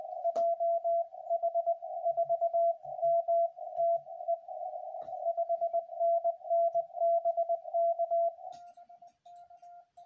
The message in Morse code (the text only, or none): JH4MTE 5NN BK